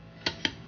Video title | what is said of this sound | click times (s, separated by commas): How To Change Your Snow Tires At Home | click 76 foot pounds there you have it torque wrench the only thing i got to do now | 0.3 s